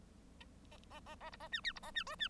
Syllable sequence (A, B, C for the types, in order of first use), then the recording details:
A A A A B A C D B A C E C. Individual Bird1